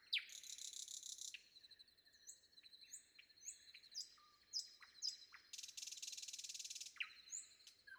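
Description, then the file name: Common nightingale singing a varied phrase: a loud buzzy opening, assorted whistles and chirps, then a long harsh rattling trill. Sung before dawn. "predawn nightingale"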